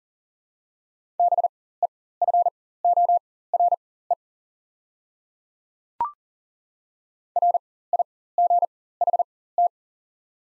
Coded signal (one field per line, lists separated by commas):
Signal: Morse code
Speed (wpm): 40 wpm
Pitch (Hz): 700 Hz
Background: none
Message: BEFORE RIGHT